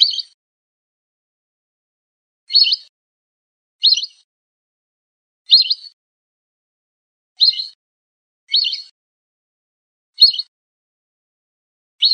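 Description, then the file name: Lesser whistling duck calls: several short, squeaky whistled notes given singly at irregular intervals, with silence between. "audio burung belibis polos. omkicau"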